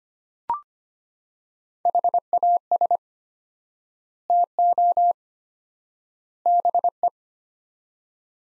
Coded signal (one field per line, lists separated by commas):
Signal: Morse code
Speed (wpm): 25 wpm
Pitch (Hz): 700 Hz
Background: none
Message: HAS TO BE